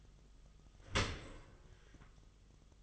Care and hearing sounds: daily activity, microphone in the room; open dishwasher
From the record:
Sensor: 4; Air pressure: 1005.5 hPa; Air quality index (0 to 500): 105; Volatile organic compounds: 2 ppm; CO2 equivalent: 1308 ppm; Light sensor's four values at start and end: 11/25/10/10 and 11/25/10/10

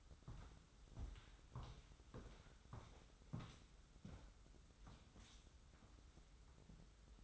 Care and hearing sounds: daily activity, microphone in the room; walk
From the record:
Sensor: 3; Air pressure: 994.3 hPa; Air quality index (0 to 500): 200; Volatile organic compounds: 1000 ppm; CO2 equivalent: 6625 ppm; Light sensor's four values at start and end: 114/266/109/102 and 117/274/112/105

